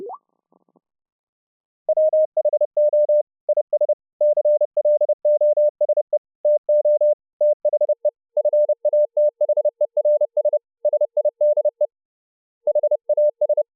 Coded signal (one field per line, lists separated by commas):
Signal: Morse code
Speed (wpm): 30 wpm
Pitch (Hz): 600 Hz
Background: none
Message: WHO IS CLOSE TO THE FATHERS SIDE HAS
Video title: New VLF SDR RECEiVER software written in C++ \\ LiVE DEMO//